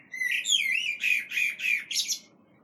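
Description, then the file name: Common blackbird singing a short phrase: a sliding opening, a few quick repeated notes, then a high squeaky finish. "Turdus merula"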